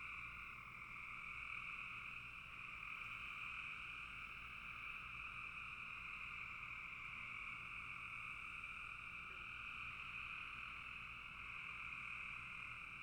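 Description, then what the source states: Frogs calling in a dense, continuous chorus, a steady droning trill in two pitch bands that never pauses throughout. Frogs calling in a bog.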